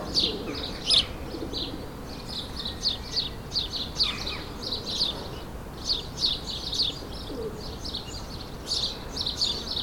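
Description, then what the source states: Sparrows give bursts of short bright chirps with brief lulls and a low background hum. Suburban ambient recording, May 2022, several sparrows.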